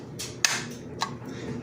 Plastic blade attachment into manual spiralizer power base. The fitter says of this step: you pick up the two little nubs at the bottom and you'll hear it click into place